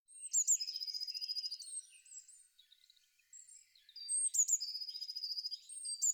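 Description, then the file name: Eurasian blue tit singing two phrases, each with thin high introductory notes before a rapid ringing trill, with faint twittering from other birds between them. "pimpelmees"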